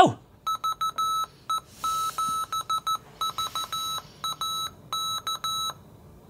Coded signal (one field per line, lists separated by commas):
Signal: Morse code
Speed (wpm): 14 wpm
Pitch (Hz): 1300 Hz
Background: none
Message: VE7VAK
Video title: PreppComm MMX Nomad Morse Code Radio